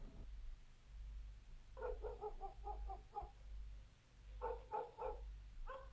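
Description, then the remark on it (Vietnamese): Dogs barking at night in a small village a few kilometres from the Vietnam–Laos border, in heavy rain, as vehicle headlights turn into the village: two quick runs of short, sharp barks separated by a pause, heard over a steady low rumble. “Có tiếng chó sủa nhấm nhặng khi thấy ánh đèn xe rẽ vào trong làng.”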